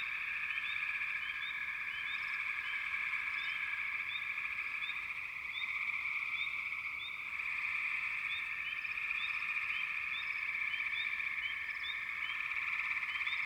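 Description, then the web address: A frog chorus holds a steady high trilling drone that dips briefly midway, with frequent short rising chirps layered over the top. Frog chorus recorded in the American wilds. "Enter Natures Songs Nature Sounds The Natural Sounds of the Wilderness 10 CDs collection Echoes of Nature - American Wilds Frog Chourus"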